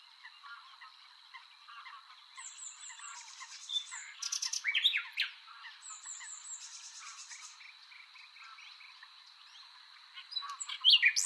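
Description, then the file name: Common nightingale song, a mix of short repeated notes, rapid buzzy rattles and brief whistles in separate phrases, over a steady high tone and faint background chirps. "Luscinia megarhynchos"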